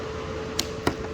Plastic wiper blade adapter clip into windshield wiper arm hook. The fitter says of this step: until it clicks